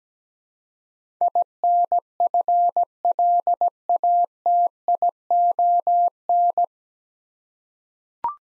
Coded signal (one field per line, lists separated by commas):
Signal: Morse code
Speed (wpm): 17 wpm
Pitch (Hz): 700 Hz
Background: none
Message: INFLATION